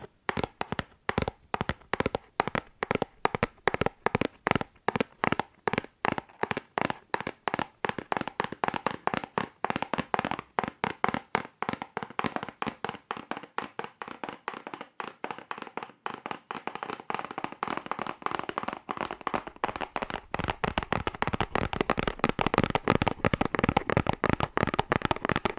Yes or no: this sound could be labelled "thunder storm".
no